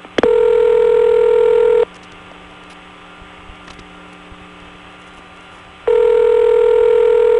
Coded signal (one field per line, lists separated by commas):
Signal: telephone call progress tone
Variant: North America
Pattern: ringback tone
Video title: Evan Doorbell: George, The Interactive Answering Machine